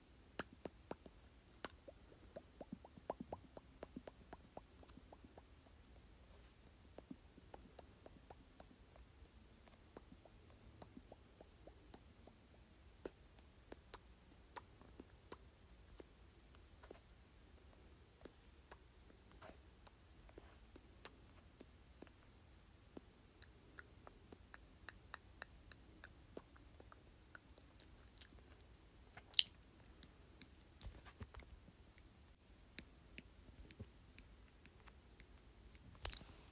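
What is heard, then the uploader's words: Wet mouth sounds of small clicks, smacks and pops arrive irregularly throughout, quiet, with a louder pop near twenty-nine seconds. ASMR Various Mouth Sounds.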